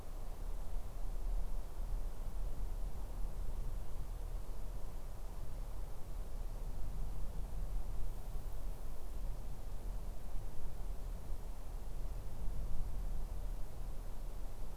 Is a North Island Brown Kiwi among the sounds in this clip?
no